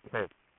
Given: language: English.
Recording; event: throat vibration sensor signal played as sound; speech